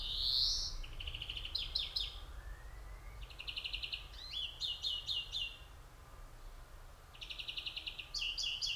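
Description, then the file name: European greenfinch giving a brief buzzy wheeze, then several bursts of rapid chirping trills mixed with twittering notes, over a low rumbling background. "Chloris chloris"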